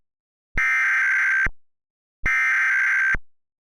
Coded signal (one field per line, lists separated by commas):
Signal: Emergency Alert System (SAME) tones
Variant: header bursts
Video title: EAS - Something is wrong with my EASyPLUS